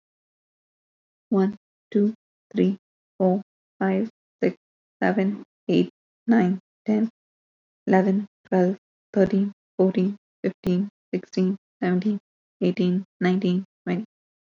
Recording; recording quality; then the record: counting at a normal pace; excellent, no background noise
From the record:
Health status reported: COVID-19 positive, no symptoms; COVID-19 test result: positive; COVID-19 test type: RT-PCR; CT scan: not taken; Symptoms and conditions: cold, fatigue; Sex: female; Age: 26 years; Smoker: no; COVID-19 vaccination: both doses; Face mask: not worn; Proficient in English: yes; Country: India